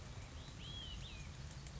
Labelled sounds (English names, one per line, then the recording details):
Olive-sided Flycatcher
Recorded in Sonoma County, California